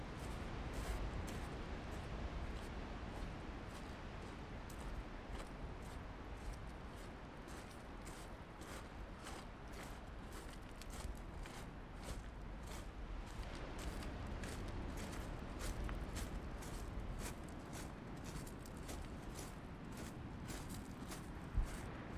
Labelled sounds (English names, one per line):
Arctic Fox call